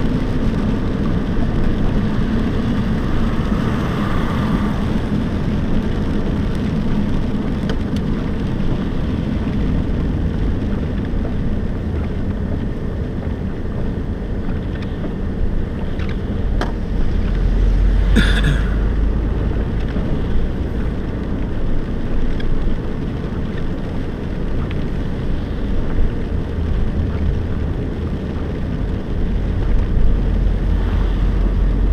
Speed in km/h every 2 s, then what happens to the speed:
65, 54, 49, 45, 39, 32, 23, 19, 27, 32, 40, 43, 36, 33, 29, 29.
0-13 brakes to 19. 15-20 speeds up to 40. 23-28 slows to 29.